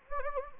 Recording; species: mosquito wingbeat signal from an infrared sensor; Anopheles gambiae